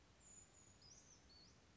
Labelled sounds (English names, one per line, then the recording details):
Brown Creeper
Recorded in Sonoma County, California